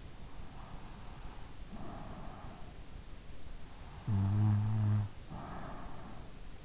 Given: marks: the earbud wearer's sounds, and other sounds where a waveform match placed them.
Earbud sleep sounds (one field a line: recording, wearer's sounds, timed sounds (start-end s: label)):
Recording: sounds in sleep by an in-ear microphone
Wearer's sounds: breath, snoring breath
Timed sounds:
0.60-2.83 s: breath
3.93-6.41 s: snoring breath